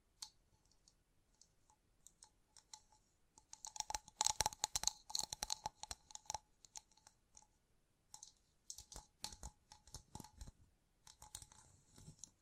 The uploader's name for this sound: Gem Covered Fingertips Tapping and Scratching